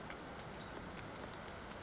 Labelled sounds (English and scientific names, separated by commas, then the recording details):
Western Flycatcher (Empidonax difficilis)
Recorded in Sonoma County, California